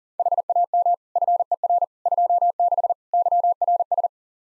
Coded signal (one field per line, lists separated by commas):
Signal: Morse code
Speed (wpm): 37 wpm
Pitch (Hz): 700 Hz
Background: none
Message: HAM FER 26 YRS